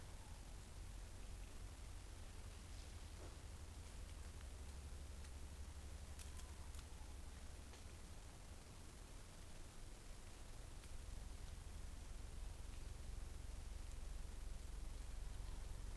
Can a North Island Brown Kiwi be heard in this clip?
no